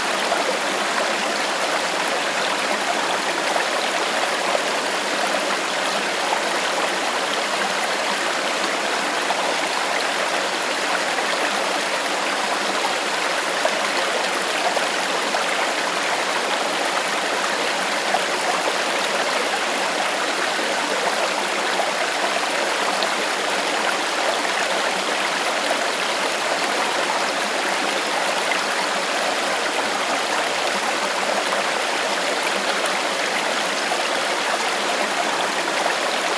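A gentle stream runs steadily, a dense, even wash of gurgling and splashing water with no pauses or swells across the whole stretch. The sound sits fairly bright, with little deep rumble and no other noises behind it.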